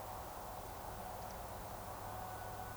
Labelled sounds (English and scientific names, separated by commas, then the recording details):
Eurasian Woodcock (Scolopax rusticola) whistle
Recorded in Baden-Württemberg, Germany, on 15 June 2020 at 02:26 UTC
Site 43791, 788 m above sea level